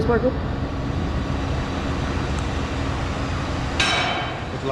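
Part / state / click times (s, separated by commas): folding metal access stairs into their stowed lock on a cement tanker trailer / seated / 3.8 s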